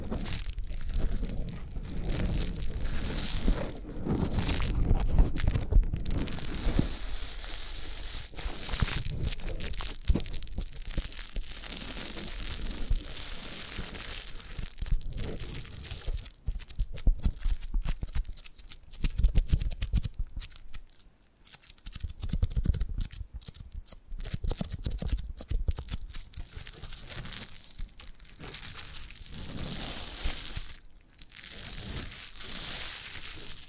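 Foam being rubbed and squeezed makes a dense, continuous mix of squeaky, crinkly scratching and soft low rumbling that rises and falls with each stroke. Brief quieter gaps break the rhythm around 7, 15 and 21 seconds before the rubbing resumes.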